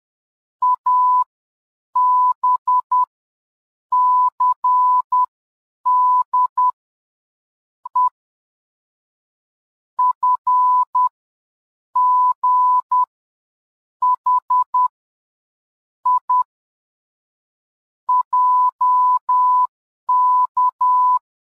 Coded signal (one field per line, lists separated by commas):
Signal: Morse code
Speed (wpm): 10 wpm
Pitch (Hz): 1000 Hz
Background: none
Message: ABCD E FG H I JK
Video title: Morse code tracing